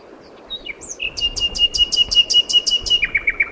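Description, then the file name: Common nightingale song: a few introductory whistles, then a long, fast series of repeated notes over a steady whistled tone, finishing with lower chirps. "Luscinia megarhynchos"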